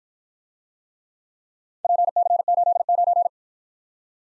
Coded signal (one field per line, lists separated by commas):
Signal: Morse code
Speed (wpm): 53 wpm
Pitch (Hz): 700 Hz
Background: none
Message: PC89